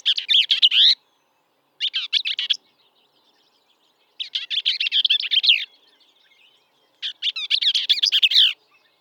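Bell's vireo delivering scratchy, fast-paced warbled phrases, some short and some longer, repeated every two to three seconds against a quiet background.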